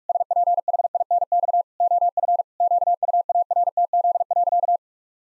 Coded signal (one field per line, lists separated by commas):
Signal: Morse code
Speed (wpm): 41 wpm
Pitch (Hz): 700 Hz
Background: none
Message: SPHINX OF QUARTZ.